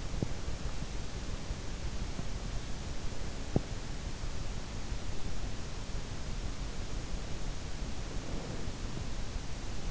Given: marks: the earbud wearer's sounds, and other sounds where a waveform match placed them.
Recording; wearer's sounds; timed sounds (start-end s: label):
sounds in sleep by an in-ear microphone; teeth grinding, breath
0.00-0.51 s: teeth grinding
3.32-3.81 s: teeth grinding
7.62-9.09 s: breath